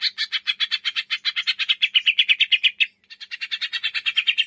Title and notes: Masteran & Pancingan Cucak Ijo Gacor. Burung Cucak Ijo